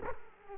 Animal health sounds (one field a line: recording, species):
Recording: mosquito wingbeat signal from an infrared sensor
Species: Culex quinquefasciatus